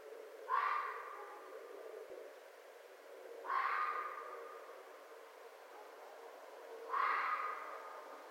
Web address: Red Fox 2011 05 04 Red Fox